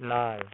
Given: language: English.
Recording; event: throat vibration sensor signal played as sound; speech